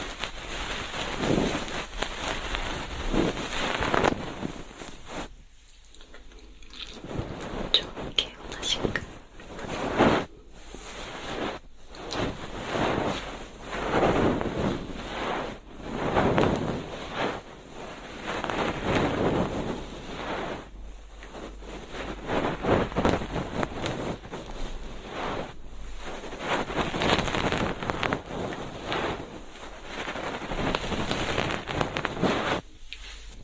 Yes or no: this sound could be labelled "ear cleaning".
yes